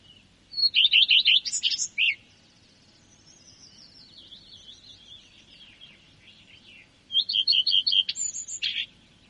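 Common redstart, two song phrases several seconds apart, each a fast run of bright notes ending in a scratchy flourish; soft background birdsong between.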